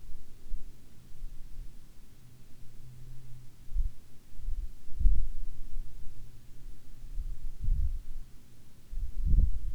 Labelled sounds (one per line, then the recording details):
wind
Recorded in the Arctic National Wildlife Refuge, Alaska, on 9 August 2019 at 11:02
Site 40